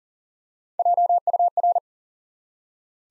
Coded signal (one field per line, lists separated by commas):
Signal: Morse code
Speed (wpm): 41 wpm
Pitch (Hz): 700 Hz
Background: none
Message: JUR